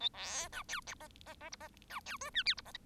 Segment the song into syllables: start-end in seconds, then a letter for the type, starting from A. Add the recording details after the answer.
0.00-0.09 A, 0.13-0.48 B, 0.52-0.63 C, 0.68-0.81 D, 1.00-1.08 E, 1.26-1.34 E, 1.40-1.50 E, 1.52-1.56 F, 1.60-1.68 E, 1.90-2.00 C, 2.06-2.17 D, 2.21-2.30 G, 2.34-2.43 H, 2.45-2.55 I, 2.57-2.61 F, 2.65-2.72 E. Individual Bird1